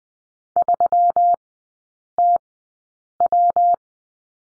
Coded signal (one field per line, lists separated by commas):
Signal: Morse code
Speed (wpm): 20 wpm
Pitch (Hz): 700 Hz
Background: none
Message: 3TW